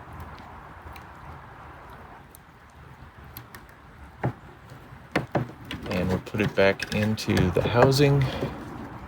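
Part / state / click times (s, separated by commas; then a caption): bulb socket into third brake light housing / not seated / none. A bulb socket holding a new bulb is handled at the plastic third brake light housing of a 1999–2004 Honda Odyssey while someone talks. A few sharp handling knocks come from about 3.4 s to 5.7 s. Nothing has seated or clicked into the housing yet.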